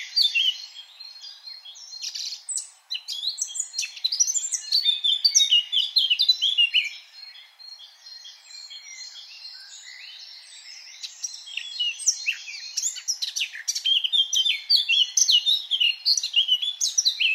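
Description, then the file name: Eurasian blackcap song: a long, fast run of varied warbled and twittering notes, high-pitched and continuous, swelling louder in bursts throughout. "Sylvia atricapilla"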